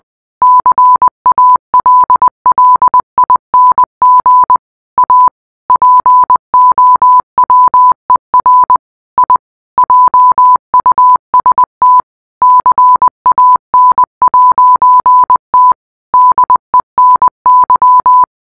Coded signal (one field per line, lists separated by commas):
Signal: Morse code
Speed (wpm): 20 wpm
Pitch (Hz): 1000 Hz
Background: none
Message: CALLING A POWER I JUST CAN'T DENY